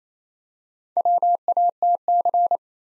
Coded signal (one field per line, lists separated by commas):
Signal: Morse code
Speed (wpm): 27 wpm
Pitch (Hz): 700 Hz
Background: none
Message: WATC